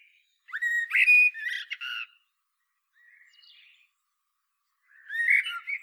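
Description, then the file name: Common blackbird giving a loud fluty warbled phrase with squeaky high notes, a faint quiet passage, then another mellow phrase starting near the end. "Turdus merula"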